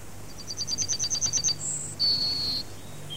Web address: fugler gulspurv